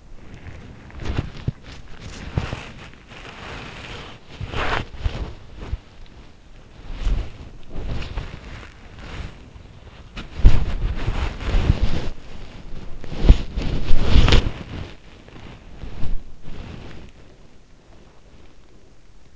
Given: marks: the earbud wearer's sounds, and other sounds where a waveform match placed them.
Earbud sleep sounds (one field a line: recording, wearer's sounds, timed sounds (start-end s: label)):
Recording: sounds in sleep by an in-ear microphone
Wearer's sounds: body movement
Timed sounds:
0.00-19.36 s: body movement